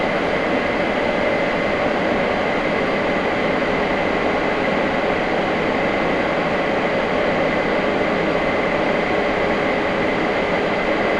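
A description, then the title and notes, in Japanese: A ride on the Nagoya Municipal Subway Sakura-dori Line from Taiko-dori toward Tokushige, with a steady, dense rumble and roar of the moving train throughout. A faint high tone holds constant above the noise, and the level stays even with no distinct events. 名古屋市営地下鉄桜通線 太閤通→徳重。桜通線の太閤通から徳重までの全区間を乗った時のものです。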